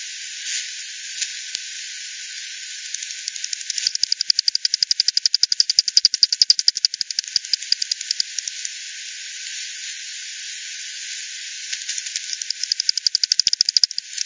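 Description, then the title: Bat clicks build into a steady rapid pulse train mid-way, fade, then return as a fast ticking run at the end, over hiss. Multiple bats at Hogsmill River, Hogsmill Lane, 7 Oct 2020, 18:10 Z; frequency-division (FD10) recording, bandpass filtered 1500 to 7500, resampled 48 to 16 ksps. "WW bat 20201007 T 18 : 10 Z-Hogsmill-Lane-Hogsmill-River-multiple-bats-FD 10"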